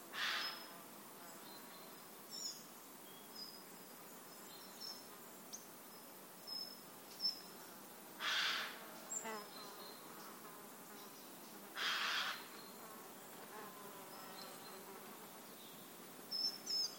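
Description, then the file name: Eurasian jay giving hoarse, noisy screeches, two of them loud and a few seconds apart, amid scattered thin, high-pitched chirps from small birds. "Garrulus glandarius"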